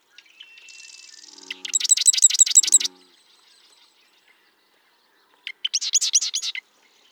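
Bird song: a thin whistle and twitter lead into a loud, rolling high trill; after a pause a second similar trill follows.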